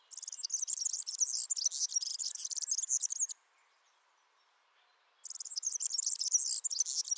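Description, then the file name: European serin song: a rapid, high, jingling stream of buzzy twittering notes, about three seconds long, then a two-second pause before a second burst. "Serin cini"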